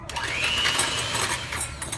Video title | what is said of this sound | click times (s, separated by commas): Sugar Cookie Recipe With Foodstirs | one doesn't want to stay in today ok | 0.1 s